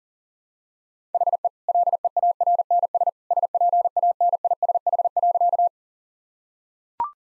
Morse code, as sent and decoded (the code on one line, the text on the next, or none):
.... . / .-.. . .- .-. -. ... / ... .--. .- -. .. ... .... .-.-.-
HE LEARNS SPANISH.